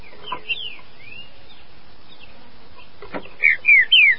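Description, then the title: Green-winged saltator song: a few faint whistles early, then a loud phrase of three slurred, downward-sweeping whistled notes near the end. "Trinca Ferro"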